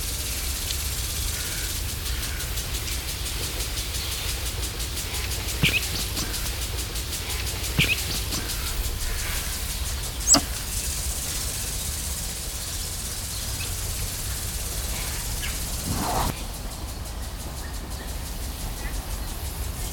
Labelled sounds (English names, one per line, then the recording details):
Helmeted Curassow call
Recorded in captivity
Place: Zoo Berlin, Berlin, DE
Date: 1996-06-01 12:44
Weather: sonnig, 22°C
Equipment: Sony MD-WM MZ-R3, Sennheiser MKH 416 T, Kopie Uher 4000 Report Monitor
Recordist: Tembrock, Günter